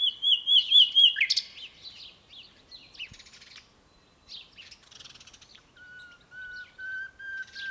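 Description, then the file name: Common nightingale song: a sweet trilled phrase, then scattered varied notes and a long pure whistle near the end. "Luscinia megarhynchos"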